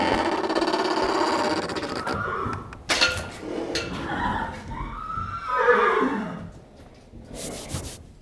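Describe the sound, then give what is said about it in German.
A knight's horse, wearing armour over a colourful blanket, whinnies in a stable, a loud, wavering neigh that rises and falls in pitch, with shuffling and rustling sounds around it and a sharp knock partway through. “Das ist aber eine schöne bunte Decke, die dein Pferd unter der Rüstung hat.”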